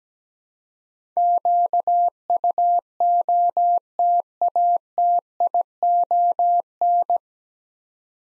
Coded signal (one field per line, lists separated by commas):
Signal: Morse code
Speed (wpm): 17 wpm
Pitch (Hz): 700 Hz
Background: none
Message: QUOTATION